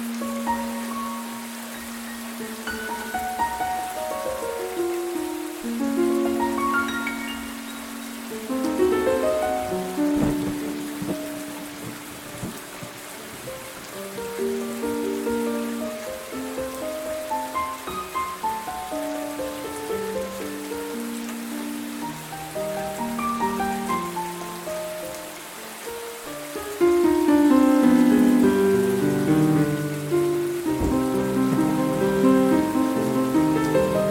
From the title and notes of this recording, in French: Cet épisode présente les sons apaisants d'une tempête d'orage combinés à une musique douce.